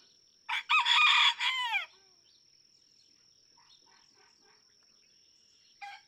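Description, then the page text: Red junglefowl (chicken): rooster giving one loud crow that ends in a falling note, followed by quiet and the start of another crow at the end. Several domestic roosters (chickens) in a barnyard, each crowing differently, just outside Mammoth Cave National Park, Kentucky, USA, June 2, 2010; illustrates that each individual has its own song. "Birdsong for the Curious Naturalist Red junglefowl (chicken) No two roosters crow alike in this Kentucky barnyard. June 2, 2010. Just outside Mammoth Cave National Park, Kentucky."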